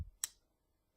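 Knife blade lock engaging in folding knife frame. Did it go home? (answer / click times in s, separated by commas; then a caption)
yes / 0.2 s. A folding knife's metal frame lock engages and the blade drops back into its closed detent, giving a sharp, bright click at 0.2 s followed by a fainter tick near 1.0 s. The frame lock clicks into place cleanly, and the lockup sounds really good.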